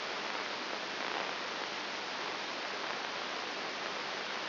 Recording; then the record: brain microelectrode recording played as sound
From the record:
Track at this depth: inside the subthalamic nucleus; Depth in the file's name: 1.102 mm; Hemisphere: right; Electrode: 3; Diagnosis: Parkinson's disease